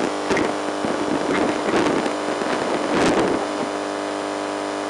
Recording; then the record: brain microelectrode recording played as sound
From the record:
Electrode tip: inside the subthalamic nucleus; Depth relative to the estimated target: -3 mm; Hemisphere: left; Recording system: NeuroSet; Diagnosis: Parkinson's disease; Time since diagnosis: 8 years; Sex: male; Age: 58 years